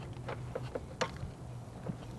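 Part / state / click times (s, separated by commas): A/C recharge hose coupler onto low-side service port / not seated / none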